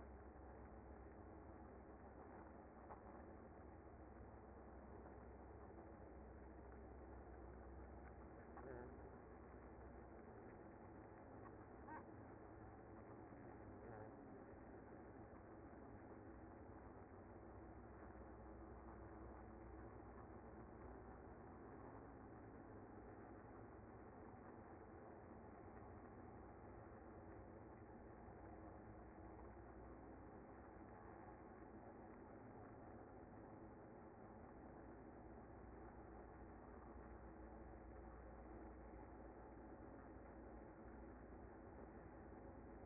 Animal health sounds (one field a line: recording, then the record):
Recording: honeybee colony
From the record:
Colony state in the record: active